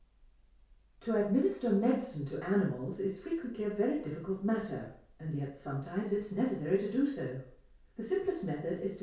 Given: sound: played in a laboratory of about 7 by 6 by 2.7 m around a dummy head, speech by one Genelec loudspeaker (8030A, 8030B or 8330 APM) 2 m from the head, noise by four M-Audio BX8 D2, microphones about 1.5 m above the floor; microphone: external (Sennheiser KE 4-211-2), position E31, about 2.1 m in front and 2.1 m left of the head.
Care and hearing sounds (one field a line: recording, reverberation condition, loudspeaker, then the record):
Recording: female speech in English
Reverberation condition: medium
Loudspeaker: in front (0 degrees)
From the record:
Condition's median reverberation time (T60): about 510 ms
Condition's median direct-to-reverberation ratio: about -0.5 dB